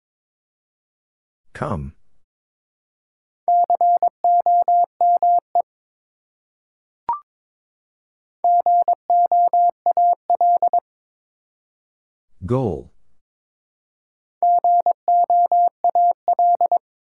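Morse code beeps in a steady mid-pitched tone come in three bursts of short and long pulses, separated by swooping noises and a brief click.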